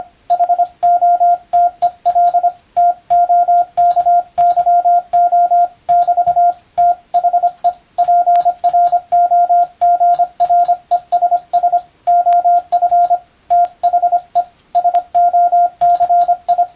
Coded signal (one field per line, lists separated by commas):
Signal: Morse code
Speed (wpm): 25 wpm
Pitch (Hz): 700 Hz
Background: radio noise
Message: HOTEL TOKYO <BT> THE PROGRESS OF THE SOCI